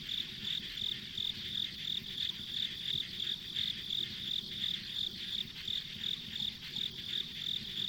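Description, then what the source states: Insects chirping: evenly spaced high pulses over a constant dense insect chorus, with a faint low rumble beneath. Ambient insect sounds on a country road.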